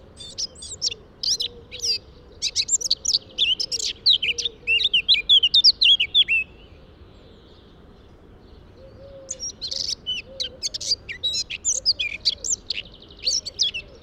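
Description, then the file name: Eurasian blackcap singing a rapid, varied warble for about six seconds, pausing, then starting again, with soft low wavering notes in the background. "Sylvia atricapilla"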